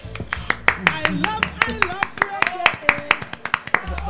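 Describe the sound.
A small group applauds with sharp, uneven claps that keep going for several seconds, while people talk and murmur underneath.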